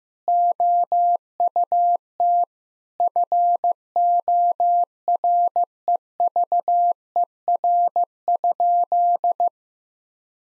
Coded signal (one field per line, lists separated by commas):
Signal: Morse code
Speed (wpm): 15 wpm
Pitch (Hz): 700 Hz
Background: none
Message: OUT FOREVER?